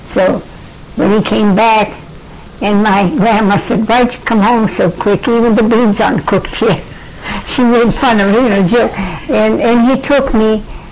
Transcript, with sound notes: So, when he came back, and my grandma said, "Why'd you come home so quick, even the beans aren't cooked yet?" (laughing) She made fun of him in a joke. And, and he took me,